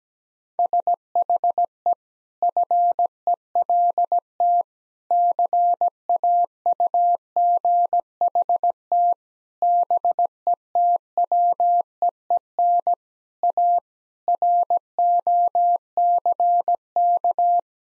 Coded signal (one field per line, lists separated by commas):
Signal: Morse code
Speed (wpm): 17 wpm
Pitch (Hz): 700 Hz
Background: none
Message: SHE FELT CAUGHT BETWEEN A ROCK